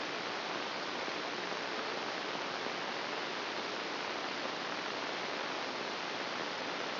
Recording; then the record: brain microelectrode recording played as sound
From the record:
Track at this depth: inside the subthalamic nucleus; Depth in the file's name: 0.537 mm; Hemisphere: right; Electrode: 2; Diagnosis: Parkinson's disease